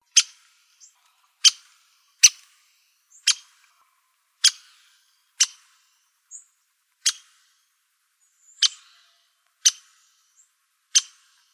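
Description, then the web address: Ladder-backed woodpecker calling with crisp, dry pik notes roughly once a second, about ten strong notes interspersed with a few softer, quieter ones. "Woodpeckers LBWO"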